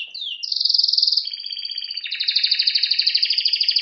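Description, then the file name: Canary song: a quick downward slur, then bright sustained trills that shift to a lower, pulsing roll of rapid repeated notes. "Canary Voice"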